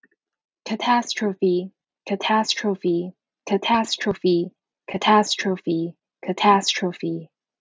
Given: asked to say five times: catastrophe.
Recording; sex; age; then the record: repeated word; female; 30 to 39 years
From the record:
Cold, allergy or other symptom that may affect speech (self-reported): no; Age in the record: 31 years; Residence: California, United States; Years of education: 18